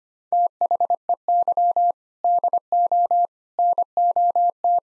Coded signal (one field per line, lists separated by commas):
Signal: Morse code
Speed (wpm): 25 wpm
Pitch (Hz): 700 Hz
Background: none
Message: THEY DO NOT